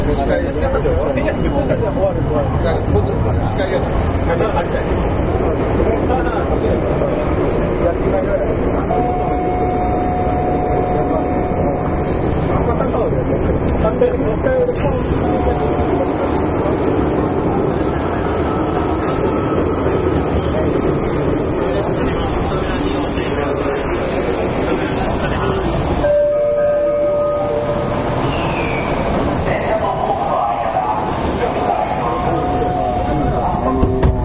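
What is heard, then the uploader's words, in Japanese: Inside a subway train running steadily, a dense low rumble and rattle underlie passengers' chatter, with a brief whine and shift near twenty-six seconds. 北大阪急行 9000系。大阪市営地下鉄 御堂筋線内。新大阪から中百舌鳥までです。この時もご多分にもれず多客で。梅田までは話し声も多く。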